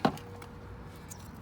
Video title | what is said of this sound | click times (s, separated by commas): POWER UP YOUR RIG - Installing a 500W Inverter #camping #overlanding #truck | then you should be able to pop it out. I've already loosened mine up. | 0.0 s